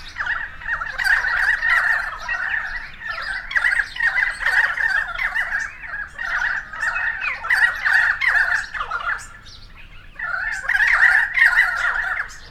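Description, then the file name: Currawongs chattering in a dense harsh chorus, calls rolling on continuously before a quieter pause near ten seconds and a final loud burst. Several currawongs recorded on 28 May 2013. "130528 Currawongs"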